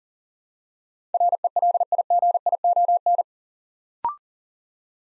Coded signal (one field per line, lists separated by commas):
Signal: Morse code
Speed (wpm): 40 wpm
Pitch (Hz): 700 Hz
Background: none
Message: RELIGION